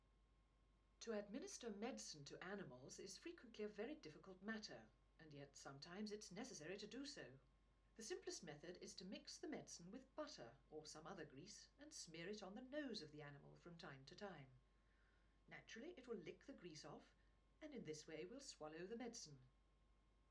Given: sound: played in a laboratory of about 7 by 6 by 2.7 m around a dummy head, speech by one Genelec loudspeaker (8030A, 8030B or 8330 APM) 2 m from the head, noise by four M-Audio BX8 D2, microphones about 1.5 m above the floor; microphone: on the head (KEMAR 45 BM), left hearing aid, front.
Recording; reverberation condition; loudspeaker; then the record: female speech in English; low; 60 degrees to the left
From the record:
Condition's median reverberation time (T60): about 310 ms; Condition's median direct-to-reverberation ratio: about 3.5 dB